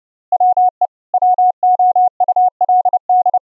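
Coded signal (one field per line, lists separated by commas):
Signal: Morse code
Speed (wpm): 30 wpm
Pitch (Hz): 730 Hz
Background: none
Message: WE WOULD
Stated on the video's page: Extreme narrow band CW keyed onto a 6 kHz VLF carrier at attowatt level by a Raspberry Pi 4 soundcard SDR transmitter, received on a laptop soundcard SDR over IP.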